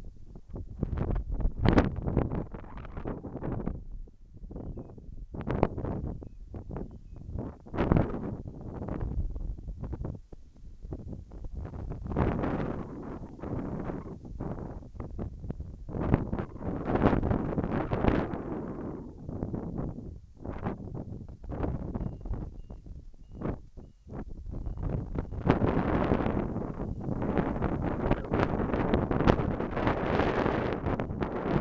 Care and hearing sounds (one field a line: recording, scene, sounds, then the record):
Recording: everyday scene through a hearing-aid microphone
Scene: wind on the microphone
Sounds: wind, whistling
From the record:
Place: in front of a rural house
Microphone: behind the ear, left, front